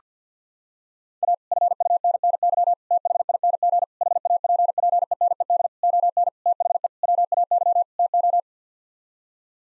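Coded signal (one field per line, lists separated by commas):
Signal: Morse code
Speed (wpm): 50 wpm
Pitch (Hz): 700 Hz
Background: none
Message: A FUNNY THING HAPPENED ON THE WAY TO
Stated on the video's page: Morse head-copy drill of common eight-word English sequences sent at 50 wpm, each set sent, spoken, then sent again.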